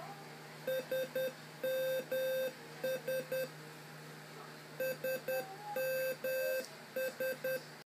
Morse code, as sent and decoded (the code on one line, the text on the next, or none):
... -- ... / ... -- ...
SMS SMS